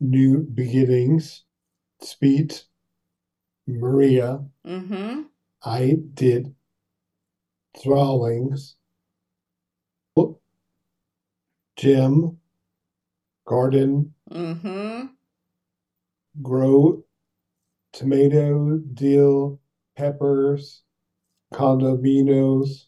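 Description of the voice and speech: An adult man speaks in isolated single words and brief phrases separated by long pauses, listing items with few connecting words and some distorted sounds. The halting, effortful, word-by-word output fits nonfluent aphasia with speech apraxia, caused by a stroke seven years earlier.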